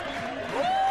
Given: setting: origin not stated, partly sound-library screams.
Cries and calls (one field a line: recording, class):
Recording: one-second piece from a danger detection set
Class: normal situation